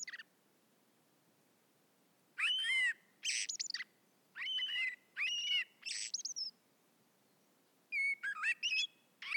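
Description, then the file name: Common blackbird gives a series of harsh, downslurred chattering notes and squeaks after a quiet start, with a final fast cluster at the end. "Turdus merula"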